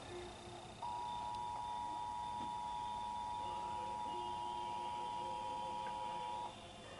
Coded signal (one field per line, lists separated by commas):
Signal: Emergency Alert System (SAME) tones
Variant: 853 and 960 Hz attention tone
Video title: Emergency Alert System Memories